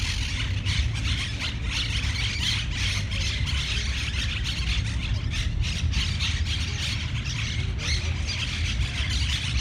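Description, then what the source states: Harsh, grating parakeet squawks overlap without pause in a noisy flock chorus, set against a constant deep hum of city traffic. Monk parakeets in Parc de la Ciutadella, Barcelona, recorded 20 September 2019.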